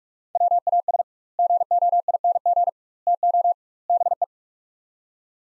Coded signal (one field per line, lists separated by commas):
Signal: Morse code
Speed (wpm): 46 wpm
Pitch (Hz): 700 Hz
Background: none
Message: WAS GOING TO BE